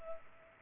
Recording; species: mosquito wingbeat signal from an infrared sensor; Culex pipiens